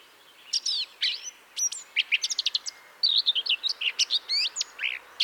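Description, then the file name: Eurasian blackcap song: lively warbled phrases of sharp notes and fluty slurs, with brief gaps between bursts. "Sylvia atricapilla"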